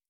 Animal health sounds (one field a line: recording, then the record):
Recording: hydrophone in a shrimp aquaculture tank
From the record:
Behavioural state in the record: stressed